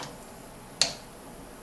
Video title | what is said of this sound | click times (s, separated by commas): How to Install A CPU | heard it snap into place she's locked down good to go | 0.8 s